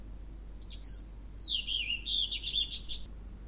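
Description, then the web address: European robin song: thin high notes leading into a long sliding whistle that falls in pitch, ending in a rapid tinkling warble. "Spev Vtakov cervienka"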